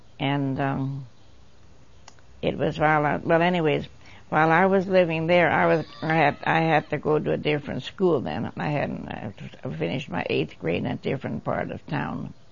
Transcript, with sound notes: An um it was while I was - well anyways while I was living there, (child yelling can be heard) I had - I had- I had to go a different school then, I had to finish my eighth grade in a different part of town.